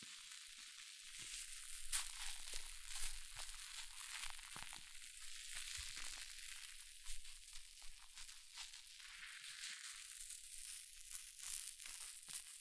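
Hair mousse fizzes and crackles in a dense, steady hiss of tiny pops, bright and high with almost nothing low underneath. Sharper crunchy bursts stand out every second or so, a strong one near two seconds, while the fizzing carries on evenly throughout.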